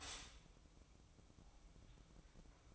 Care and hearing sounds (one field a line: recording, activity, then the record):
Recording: daily activity, microphone in the room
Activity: stop toaster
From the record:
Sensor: 1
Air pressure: 1007.2 hPa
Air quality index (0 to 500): 78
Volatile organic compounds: 1 ppm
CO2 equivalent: 674 ppm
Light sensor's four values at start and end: 8/19/7/8 and 8/19/7/8